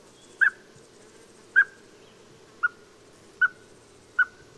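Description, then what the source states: Chipmunk giving five sharp chips, the first two slightly louder, spaced about a second apart and closer toward the end, over steady low hum. In Michigan, in the morning, with chipmunks calling all around.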